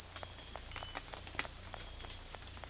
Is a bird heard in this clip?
no